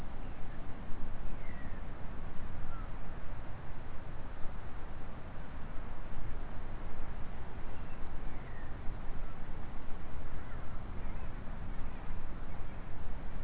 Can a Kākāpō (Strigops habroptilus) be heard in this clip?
no